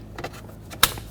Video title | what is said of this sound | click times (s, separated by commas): How to Replace Combination Switch 2007-2009 Saturn Aura | Make sure it clicks, and then reconnect the connectors. | 0.8 s